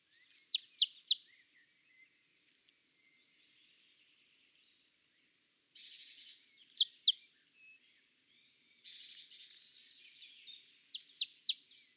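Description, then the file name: Marsh tit giving bright, piercing, downward-slurred call notes in short bursts of a few notes, three such bursts, with faint soft chatter between. "Poecile palustris"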